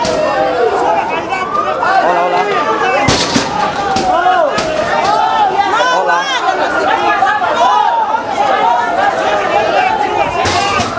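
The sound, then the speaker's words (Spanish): During a smoky building fire in El Alto, desperate people try to force open an office door to evacuate, with a few loud, sharp bangs and thuds breaking through steady, agitated chatter while a wavering, wailing tone rises and falls in the background. “Otras personas tratan de abrir, en este caso, otra puerta.”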